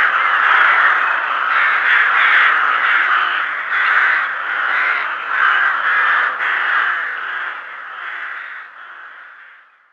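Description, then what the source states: Rooks caw in a loud, grating chorus with short bursts, and the clamour fades away during the final seconds. Rooks calling at a rookery.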